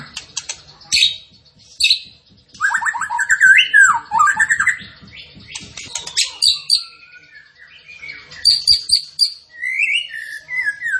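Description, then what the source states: Zebra finch song mixing fast high chirps with warbled, buzzy descending phrases, and varied twittering throughout. Training audio for cage birds; the bird is described as gacor, singing prolifically.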